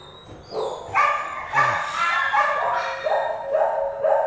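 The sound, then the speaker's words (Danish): Several dogs bark and yip in a continuous, overlapping chorus, with sharp high-pitched barks repeating every half second or so, loud and agitated throughout. “De har det ikke nice, de hunde der.”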